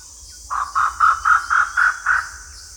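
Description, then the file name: Grey peacock-pheasant giving a run of seven loud, harsh, clipped notes, evenly spaced about four per second. "Grey Peacock Pheasant Polyplectron bicalcaratum"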